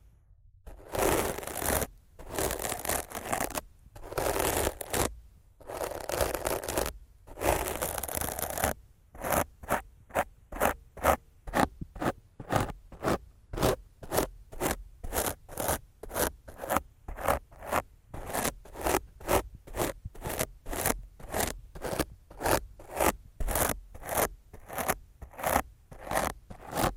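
Rough scratching and brushing on a microphone: a few long sweeping strokes at first, then quick, regular scrapes repeating steadily to the end.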